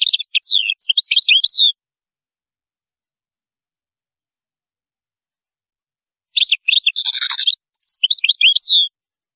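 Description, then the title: European goldfinch song in two bright twittering bursts separated by a silent pause, the second with a rasping buzzy note in the middle. "Chant Chardonneret"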